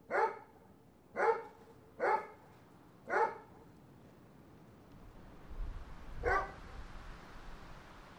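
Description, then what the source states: Dog giving four steady barks about a second apart, then a low rumbling roar swells in and one more bark cuts through it. More than one dog, recorded along with wind and planes.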